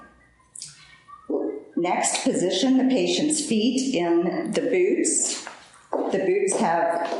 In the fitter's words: Lock into place by turning the lever away from the patient's arm and pushing down firmly.